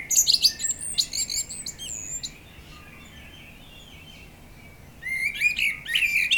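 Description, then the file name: Common blackbird song: a phrase of warbled notes with a high squeaky twitter, a pause of nearly three seconds, then another phrase begins. "Turdus merula"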